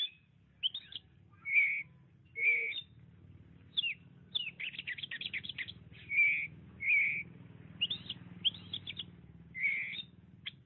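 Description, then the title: Oriental magpie-robin song, loud steady whistles alternating with quick scratchy trills and chattering bursts, over a low background hum. "Suara Kicauan Burung Kacer Durasi Panjang"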